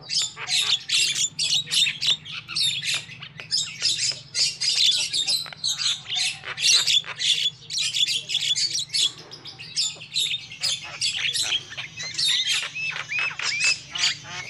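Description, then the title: Lovebird calls, a long busy stream of shrill squawks and ticking chirps with short pauses, over a faint low hum. Used as a lure call for trapping lovebirds. "PIKAT BURUNG LOVEBIRD"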